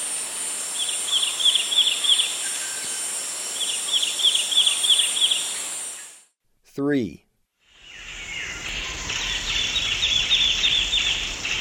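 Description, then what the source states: Lemon-chested greenlet repeating fast, high twittering phrases, broken midway by a brief silence with an odd sweeping sound, then resuming, steady insect noise throughout. Eastern lowlands of South America.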